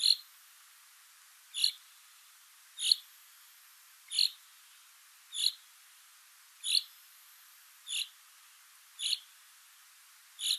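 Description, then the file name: Common chaffinch giving short, sharp metallic call notes, repeated nine times against a quiet hiss. "Fringilla coelebs"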